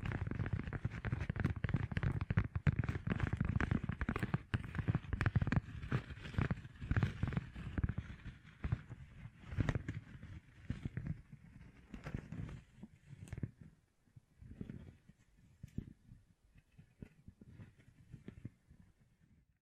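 Gem-covered fingertips tap and scratch in dense, rapid clicks and rustles, busiest early on, then thinning into sparser taps toward the end.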